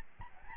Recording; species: mosquito wingbeat signal from an infrared sensor; Aedes albopictus